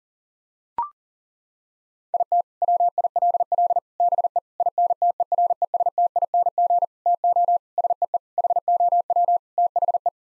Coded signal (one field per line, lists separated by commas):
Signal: Morse code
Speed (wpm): 40 wpm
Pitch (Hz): 700 Hz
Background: none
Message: IT WILL BE INTERESTING TO SEE HOW THE